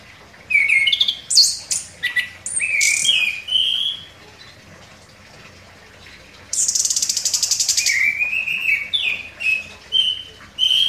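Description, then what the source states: Orange-headed thrush song, varied whistled slurs and scratchy notes, then a long harsh buzzing rattle, followed by a string of clear rising and falling whistles. Singing vigorously (gacor).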